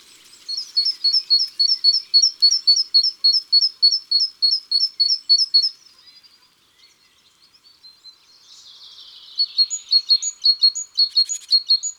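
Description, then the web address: Great tit song: a fast series of bright two-note phrases repeated about twice a second for several seconds, a short pause with soft notes, then a second run. Recorded in January. "Janvier La Mesange charbonniere. les-4-saisons-des-chants-doiseaux"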